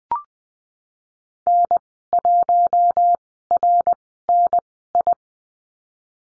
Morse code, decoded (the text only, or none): N1RNI